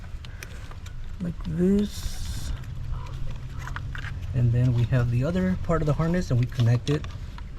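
The plastic wiring-harness connector B44 for the injector circuit on the intake manifold of a Gen3 Mitsubishi Montero is being handled as its two halves are brought together to reconnect it to its mating connector. Someone talks throughout, with small sharp ticks of handling around 0.3–0.9 s and 3.7–4.0 s. The clip ends before the connector goes home, so nothing has seated or clicked yet.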